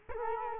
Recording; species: mosquito wingbeat signal from an infrared sensor; Culex quinquefasciatus